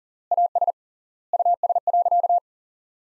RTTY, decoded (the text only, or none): none